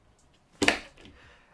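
The second RAM memory DIMM is lined up by its notch and pressed with even pressure on both sides into its motherboard DIMM slot. The slot clips latch with a sharp double click at 0.6 s and 0.7 s, followed by faint, softer ticks around 1.0 s. The module is confirmed seated.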